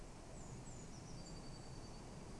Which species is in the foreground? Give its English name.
Eurasian Blue Tit